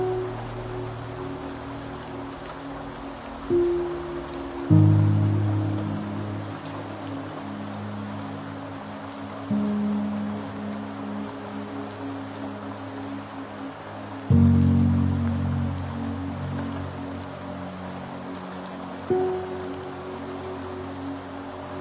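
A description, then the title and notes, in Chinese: Steady mountain rain hisses evenly throughout, over low sustained humming tones that shift pitch abruptly every few seconds, with soft swells near 5 and 14 seconds. 山中的雨。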